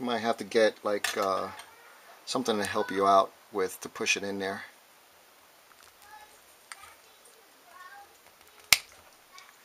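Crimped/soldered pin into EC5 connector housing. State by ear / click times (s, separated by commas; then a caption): seated / 8.7 s. Someone talks, then a soldered metal pin on a wire is pushed with force into a plastic EC5 connector housing amid faint handling sounds. The pin snaps into place with a sharp, loud click at 8.7 s, seating it in the housing.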